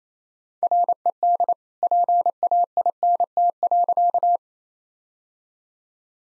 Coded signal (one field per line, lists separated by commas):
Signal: Morse code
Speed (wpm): 27 wpm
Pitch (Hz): 700 Hz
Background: none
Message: RED PAINT.